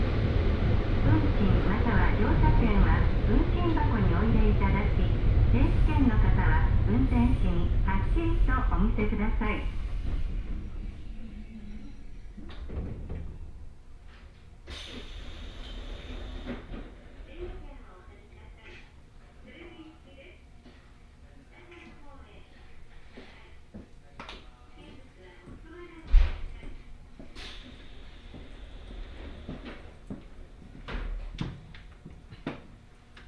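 Aboard a Hokuriku Railway Ishikawa Line train, a loud, dense rumble with shifting tones fills the first ten seconds, then fades to a quieter, steady hum. Scattered clicks, knocks and brief hisses follow, with a sharp thump around 26 seconds and faint voices.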